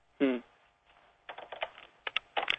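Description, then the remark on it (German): A short vocal sound, a pause, then a quick, irregular run of light clicking keystrokes on a computer keyboard, growing a little sharper toward the end. “Ich war auch zu faul, bei mir darin zu tippen und hab's genauso gemacht.”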